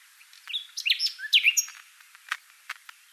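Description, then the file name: Common nightingale song: a burst of varied whistled and buzzy phrases with sharp upslurs, then scattered short clicks and ticks in a quiet pause. "Luscinia megarhynchos"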